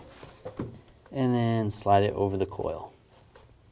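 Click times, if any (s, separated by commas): none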